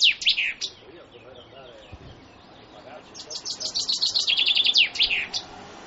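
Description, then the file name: Common chaffinch singing: a few short high notes, then a descending trill that closes with a brief flourish. "fringuello"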